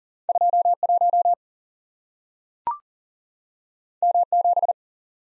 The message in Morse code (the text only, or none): 2 1 M 7